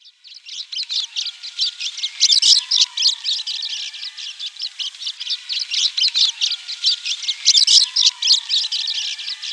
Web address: Schulze Peter Eurasian Crag-Martin song